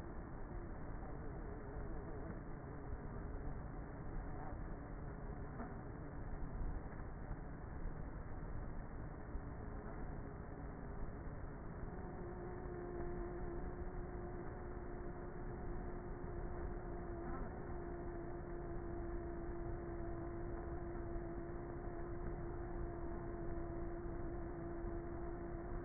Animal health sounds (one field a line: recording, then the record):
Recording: honeybee colony, microphone inside the hive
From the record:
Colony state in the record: queenless with a low population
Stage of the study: before two queens were removed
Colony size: about 30,000 bees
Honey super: no